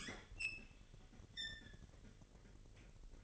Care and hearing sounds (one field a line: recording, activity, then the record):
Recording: daily activity, microphone in the room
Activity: open fridge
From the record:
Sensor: 4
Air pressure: 1002.8 hPa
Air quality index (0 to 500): 240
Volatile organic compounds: 17 ppm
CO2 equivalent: 2574 ppm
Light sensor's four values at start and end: 4/10/4/4 and 4/10/3/4